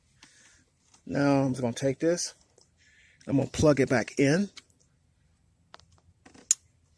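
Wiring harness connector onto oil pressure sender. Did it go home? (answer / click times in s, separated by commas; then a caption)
yes / 6.5 s. On a 2007 Ford Taurus SE, after the oil pressure sender's electrical connector was cleaned with CRC QD Electric Cleaner, the wiring harness connector is pushed back onto the sender while someone talks. A few faint handling ticks are followed by one sharp click at 6.5 s, and the connector is seated.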